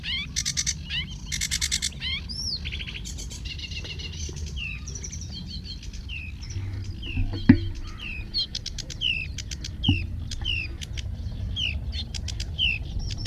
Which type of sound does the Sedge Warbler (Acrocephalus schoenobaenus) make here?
song